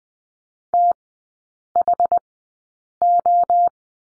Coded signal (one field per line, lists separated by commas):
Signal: Morse code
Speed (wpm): 20 wpm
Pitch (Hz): 700 Hz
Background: none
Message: THO